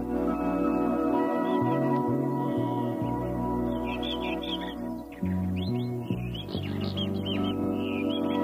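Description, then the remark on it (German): Birds chirp and twitter in quick, high-pitched bursts, thickest in the second half, over a steady bed of low, sustained tones that shift pitch now and then. No one speaks. “Ich finde das Vogelgezwitscher sehr wohllautend und angenehm”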